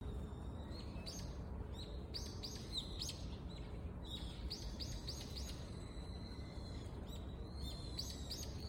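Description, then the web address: Bird chirping in short, high, bending notes, given in quick bursts and repeated throughout over a steady rushing background noise. "a sound of bird"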